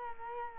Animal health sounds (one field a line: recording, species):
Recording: mosquito wingbeat signal from an infrared sensor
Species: Culex quinquefasciatus